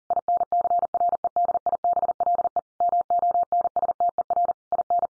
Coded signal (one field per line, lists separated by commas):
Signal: Morse code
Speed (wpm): 40 wpm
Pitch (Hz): 700 Hz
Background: none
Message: INCREDIBLE MONSTER IN